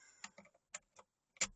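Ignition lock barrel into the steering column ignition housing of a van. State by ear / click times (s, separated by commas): seated / 0.7 s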